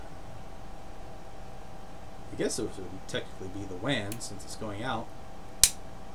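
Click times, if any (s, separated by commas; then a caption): 5.6 s. Someone talks while an Ethernet cable fitted with a 3D-printed replacement latch clip is pushed into the WAN port of a travel router. A single sharp snap sounds at 5.6 s as the plug seats, leaving it snug and secure in the port.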